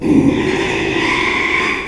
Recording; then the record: squeal of a Yucatan mini pig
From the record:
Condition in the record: after surgery on the right vocal fold (resection and tissue-engineered implant); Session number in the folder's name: 1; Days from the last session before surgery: 6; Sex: male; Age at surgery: 12 weeks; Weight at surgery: 13 kg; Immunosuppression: cyclosporine, prednisolone